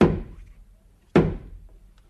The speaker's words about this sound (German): Beim ersten Klopfer komme ich raus, geschwind. Ich bin der ehrliche Vater von dem Kind. Dann schlage ich noch mal an das Haus, damit die Mutter kommt heraus.